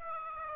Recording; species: mosquito wingbeat signal from an infrared sensor; Aedes aegypti